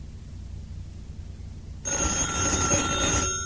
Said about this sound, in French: Qu'est-ce que c'est? C'est le téléphone. C'est le téléphone de Monsieur Clément? Oui. Oui, c'est le téléphone de Monsieur Clément.